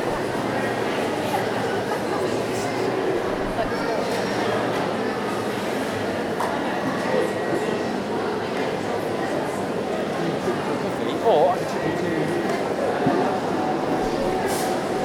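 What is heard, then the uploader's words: A busy shopping mall fills with a dense, steady wash of overlapping voices as crowds hunt for post-Christmas bargains. The chatter stays level throughout, with a few brighter clinks and taps, and a slightly louder burst of voices around eleven seconds. Captured in a city centre shopping mall. The mall is busy with people seeking out bargins in the post-Christmas sales.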